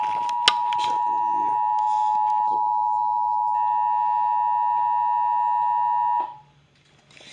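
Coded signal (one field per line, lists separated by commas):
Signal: Emergency Alert System (SAME) tones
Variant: 853 and 960 Hz attention tone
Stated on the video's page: Real EAS thunderstorm alerts.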